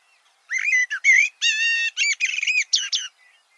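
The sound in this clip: Bird song: a single phrase under three seconds, made of several harmonic chirps and warbles in quick succession.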